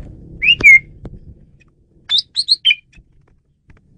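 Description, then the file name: Asian pied starling giving a slurred whistle followed by a short cluster of three or four clear chirping notes, with faint low noise at the start. Female bird, used as a lure bird. "jalak suren betina pemikat"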